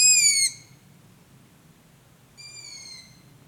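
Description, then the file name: Long-eared owl making a loud, high squeak that falls in pitch, then a quieter drawn-out descending squeak two seconds later, with faint low hum behind. Recorded on 27 June 2016. "20160627 hornuggla"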